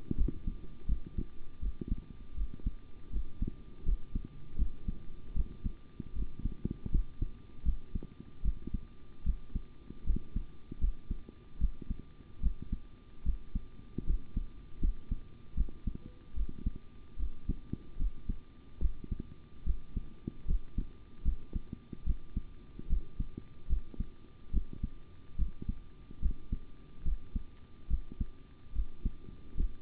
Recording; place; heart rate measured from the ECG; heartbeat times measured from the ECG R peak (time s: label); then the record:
heart sounds by stethoscope; between the tricuspid and mitral areas; 76 bpm
0.16 s: heartbeat
0.86 s: heartbeat
1.60 s: heartbeat
2.35 s: heartbeat
3.11 s: heartbeat
3.84 s: heartbeat
4.57 s: heartbeat
5.34 s: heartbeat
6.13 s: heartbeat
6.90 s: heartbeat
7.63 s: heartbeat
8.42 s: heartbeat
9.24 s: heartbeat
10.04 s: heartbeat
10.79 s: heartbeat
11.58 s: heartbeat
12.41 s: heartbeat
13.23 s: heartbeat
14.05 s: heartbeat
14.79 s: heartbeat
15.55 s: heartbeat
16.34 s: heartbeat
17.17 s: heartbeat
17.97 s: heartbeat
18.79 s: heartbeat
19.64 s: heartbeat
20.46 s: heartbeat
21.23 s: heartbeat
22.04 s: heartbeat
22.88 s: heartbeat
23.68 s: heartbeat
24.51 s: heartbeat
25.36 s: heartbeat
26.20 s: heartbeat
27.03 s: heartbeat
27.88 s: heartbeat
28.73 s: heartbeat
29.55 s: heartbeat
From the record:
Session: rest, sitting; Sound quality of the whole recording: good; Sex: male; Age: 25 years